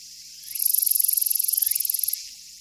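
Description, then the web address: Japanese katydid producing a rapid, evenly pulsed high trill lasting about one and a half seconds, crisp ticking strokes. "sikioto insect kirigirisu"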